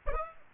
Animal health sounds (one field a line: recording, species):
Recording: mosquito wingbeat signal from an infrared sensor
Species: Aedes aegypti